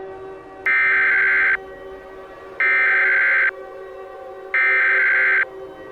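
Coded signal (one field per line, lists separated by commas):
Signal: Emergency Alert System (SAME) tones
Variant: header bursts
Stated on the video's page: Fictional scenario.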